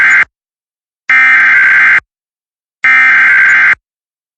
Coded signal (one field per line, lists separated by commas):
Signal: Emergency Alert System (SAME) tones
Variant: header bursts